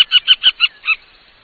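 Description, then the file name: Montagu's harrier giving a brief burst of five or six sharp, nasal notes that slow and fade at the end. "busard cendre"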